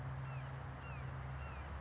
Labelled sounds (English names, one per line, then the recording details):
California Towhee
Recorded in Sonoma County, California